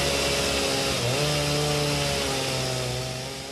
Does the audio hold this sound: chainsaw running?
yes